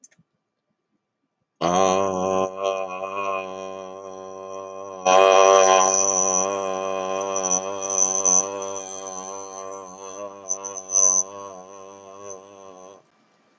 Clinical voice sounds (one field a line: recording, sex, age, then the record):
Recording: vowel held as long as possible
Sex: male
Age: 40 to 49 years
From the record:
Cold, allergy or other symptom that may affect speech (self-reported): no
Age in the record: 43 years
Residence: Massachusetts, United States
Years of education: 14